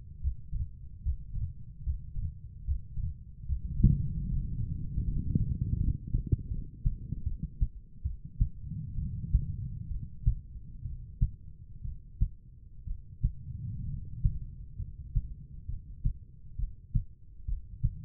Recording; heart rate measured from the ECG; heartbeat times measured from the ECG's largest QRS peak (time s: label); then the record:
heart sounds by stethoscope; 69 bpm
0.19 s: heartbeat
1.00 s: heartbeat
1.81 s: heartbeat
2.63 s: heartbeat
3.44 s: heartbeat
4.26 s: heartbeat
5.04 s: heartbeat
5.76 s: heartbeat
6.47 s: heartbeat
7.23 s: heartbeat
8.02 s: heartbeat
8.95 s: heartbeat
9.88 s: heartbeat
10.82 s: heartbeat
11.82 s: heartbeat
12.84 s: heartbeat
13.85 s: heartbeat
14.77 s: heartbeat
15.66 s: heartbeat
16.56 s: heartbeat
17.46 s: heartbeat
From the record:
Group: healthy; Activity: breath hold 0-5 s, rest 5-18 s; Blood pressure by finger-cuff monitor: 131/82 mmHg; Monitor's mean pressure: 102 mmHg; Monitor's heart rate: 71 bpm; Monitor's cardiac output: 5.1 L/min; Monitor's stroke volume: 67 mL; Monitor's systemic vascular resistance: 1480 dyn s/cm5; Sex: female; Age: 43 years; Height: 160 cm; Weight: 90 kg